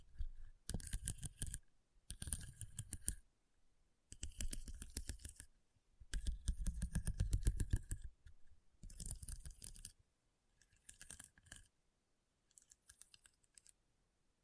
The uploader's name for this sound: RHINESTONE Tapping & Scratching Sounds